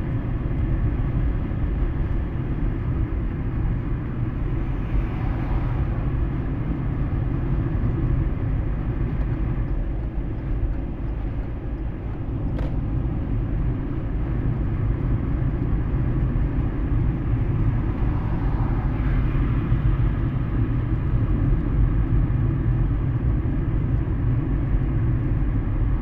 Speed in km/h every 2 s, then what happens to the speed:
70, 69, 69, 71, 71, 71, 71, 70, 70, 69, 69, 68, 68.
0-26 steady at about 70.